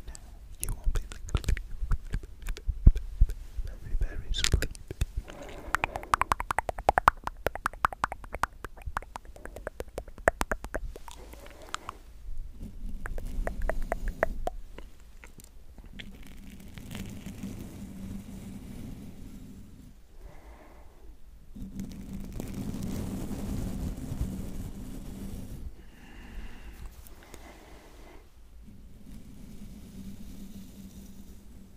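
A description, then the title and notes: Brushing a face: the first twelve seconds are dense, rapid scratchy strokes, a crackle of bristles against skin. After that the sound smooths into softer, steadier rubbing with a low hum beneath it, broken by short pauses around twenty and twenty-six seconds. Brushing Your Face.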